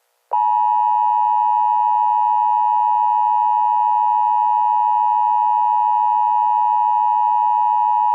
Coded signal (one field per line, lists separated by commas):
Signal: Emergency Alert System (SAME) tones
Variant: 853 and 960 Hz attention tone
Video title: The Ultimate Derecho (EAS Mock)